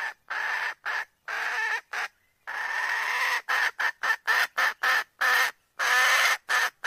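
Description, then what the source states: Red junglefowl hen giving harsh, broken cackling calls in bursts, with brief gaps between loud rough notes. Hen, calling in the forest.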